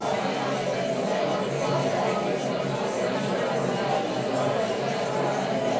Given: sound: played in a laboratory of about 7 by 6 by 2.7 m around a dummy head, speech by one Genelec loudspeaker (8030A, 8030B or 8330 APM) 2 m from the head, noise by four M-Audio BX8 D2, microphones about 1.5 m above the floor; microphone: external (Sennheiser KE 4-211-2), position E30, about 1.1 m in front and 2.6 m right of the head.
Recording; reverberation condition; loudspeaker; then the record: babble noise; medium; four, about 170 cm from the corners of the room and facing them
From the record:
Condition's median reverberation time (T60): about 510 ms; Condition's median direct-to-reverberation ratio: about -0.5 dB